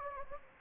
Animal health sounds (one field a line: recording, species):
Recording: mosquito wingbeat signal from an infrared sensor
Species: Anopheles gambiae